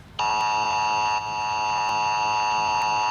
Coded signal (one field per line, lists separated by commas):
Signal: Emergency Alert System (SAME) tones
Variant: 853 and 960 Hz attention tone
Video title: RFYLCB on BXW Channel with Emergency Alert System Test (April 28, 2021) (Spectrum 2)